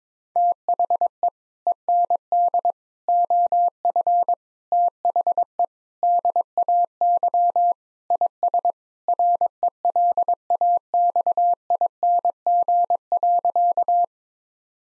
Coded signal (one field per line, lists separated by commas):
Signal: Morse code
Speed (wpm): 22 wpm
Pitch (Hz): 700 Hz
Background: none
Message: THE END OF THE DAY IS RELAXING.